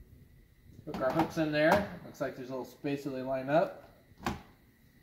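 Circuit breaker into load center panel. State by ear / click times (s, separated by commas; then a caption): seated / 4.3 s. A circuit breaker's hooks are lined up on the bus of a Leviton load center, and the breaker is pushed in until it snaps into place. Someone talks, then a single sharp click at 4.3 s marks the breaker clipping in, seated.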